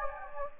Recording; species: mosquito wingbeat signal from an infrared sensor; Anopheles gambiae